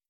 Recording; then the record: hydrophone in a shrimp aquaculture tank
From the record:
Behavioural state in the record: starved